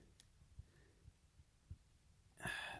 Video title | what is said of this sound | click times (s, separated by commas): Ruby gets cruise control | they snap snaps right in there | 0.2 s